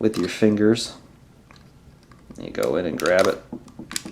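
Someone talks while reaching in with their fingers to grab the main landing gear leg in the wheel well of a 1:144 scale plastic Space Shuttle Endeavour model, to pull it down until it locks. Faint, short handling ticks sound around 1.5, 1.6, 2.0 and 2.1 seconds during a quiet pause between the speech. The gear has not locked down yet, and nothing has seated or clicked.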